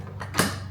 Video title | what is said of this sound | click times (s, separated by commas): Ryobi 1st Mow (Part 3) | little click. | 0.2 s, 0.4 s